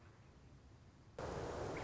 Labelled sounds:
Song Sparrow
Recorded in Sonoma County, California

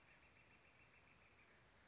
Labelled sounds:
Northern Flicker
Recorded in Sonoma County, California

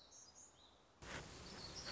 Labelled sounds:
Black-throated Gray Warbler
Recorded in Sonoma County, California

